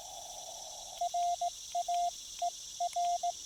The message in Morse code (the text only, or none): RA E R